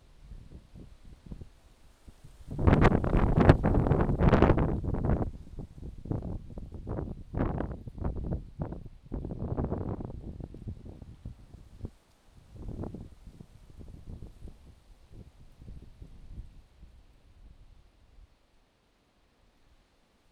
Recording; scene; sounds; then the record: everyday scene through a hearing-aid microphone; wind on the microphone; wind, traffic, birds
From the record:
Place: suburban garden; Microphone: in the ear canal, left